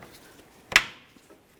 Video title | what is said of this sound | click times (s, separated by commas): How to Replace Low Beam Headlight Bulbs 1999-2006 Chevrolet Silverado 1500 | listen for a click from that | 0.8 s